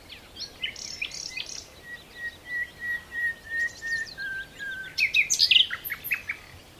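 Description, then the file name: Common nightingale song: a series of pure, evenly spaced whistles on one pitch, ending in a burst of rapid sharp notes. "Luscinia megarhynchos"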